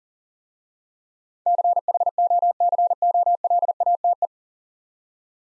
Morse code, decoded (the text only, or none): CHOCOLATE